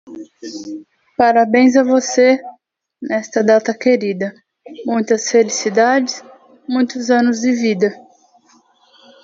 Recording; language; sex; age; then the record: short text; Brazilian Portuguese; female; 30 to 39 years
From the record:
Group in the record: control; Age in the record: 36 years